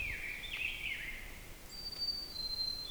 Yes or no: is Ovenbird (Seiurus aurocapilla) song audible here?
no